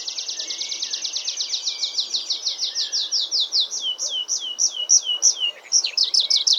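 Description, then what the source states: Tree Pipit song: a long fast series of high trilled notes, starting rapid and even, then slowing into separate downslurred notes, with faint background hiss. Song given in song flight, rising from a treetop and gliding down in a tumbling, lark-like flight.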